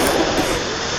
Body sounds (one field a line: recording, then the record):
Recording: coughing mixed with background sound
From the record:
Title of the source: 34 coughing up crap again